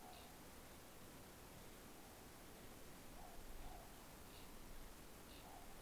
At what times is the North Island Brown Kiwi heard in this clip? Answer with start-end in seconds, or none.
none